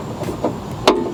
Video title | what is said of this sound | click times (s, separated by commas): Outback tailgater. | can hear that snap in really good huh okay | 0.9 s